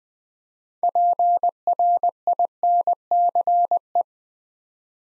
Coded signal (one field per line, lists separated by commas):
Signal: Morse code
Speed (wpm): 20 wpm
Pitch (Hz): 700 Hz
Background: none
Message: PRINCE